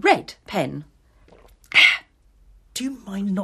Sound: slurps tea